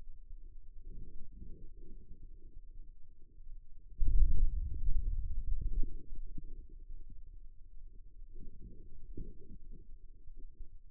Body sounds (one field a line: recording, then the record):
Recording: forearm muscle sounds (acoustic myography)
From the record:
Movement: hand closing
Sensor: system 2, bracelet of six BSWA MPA416 microphones around the upper forearm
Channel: 4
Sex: male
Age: 22 years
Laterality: right